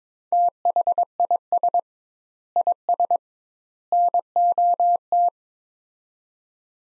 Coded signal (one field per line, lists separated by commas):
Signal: Morse code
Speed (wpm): 22 wpm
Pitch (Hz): 700 Hz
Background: none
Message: THIS IS NOT